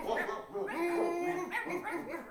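A dog whimpers and yelps in a steady run of high, whiny cries, with one long drawn-out whine in the middle and short sharp barks breaking through.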